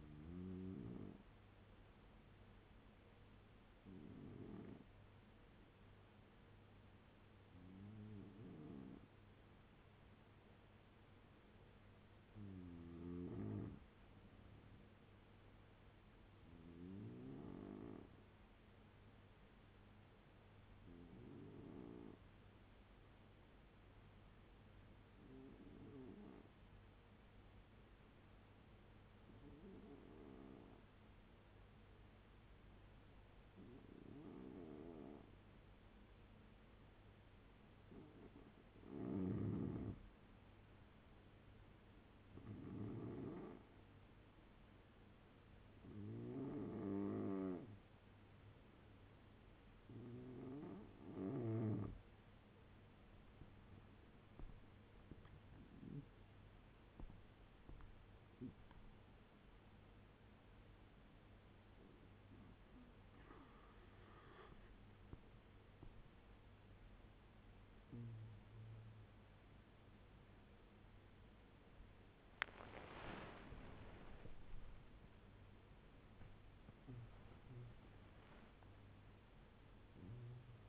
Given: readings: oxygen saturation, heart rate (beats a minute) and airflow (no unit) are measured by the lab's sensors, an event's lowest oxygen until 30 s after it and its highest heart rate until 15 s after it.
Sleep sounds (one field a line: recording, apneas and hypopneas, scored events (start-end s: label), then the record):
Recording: breathing in sleep by a voice recorder at the bedside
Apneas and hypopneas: 1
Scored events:
11.00-35.70 s: hypopnea (N2, oxygen 94% highest, then 88% lowest, heart rate 76 at the start, 81 highest)
72.00-80.69 s: new sleep stage, N1 (lightest sleep)
From the record:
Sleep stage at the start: N2 (light sleep)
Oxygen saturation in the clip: 88 to 95%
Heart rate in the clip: 68 to 100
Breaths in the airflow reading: 16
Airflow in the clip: -10.2 to 12.7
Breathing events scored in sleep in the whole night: 201 in 6.5 hours asleep